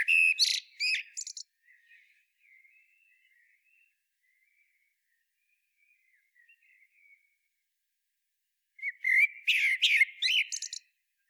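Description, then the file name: Common blackbird song: a fluting phrase with a squeaky high ending, a long quiet gap, then another full phrase with a chattering finish. "Turdus merula"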